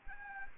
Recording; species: mosquito wingbeat signal from an infrared sensor; Anopheles arabiensis